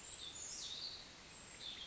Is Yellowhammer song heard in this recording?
no